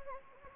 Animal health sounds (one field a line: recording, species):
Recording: mosquito wingbeat signal from an infrared sensor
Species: Anopheles gambiae